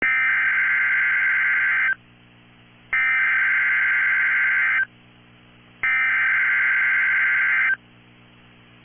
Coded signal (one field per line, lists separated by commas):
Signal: Emergency Alert System (SAME) tones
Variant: header bursts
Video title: Severe Thunderstorm Watch #578 (8/8/25) [EAS #257]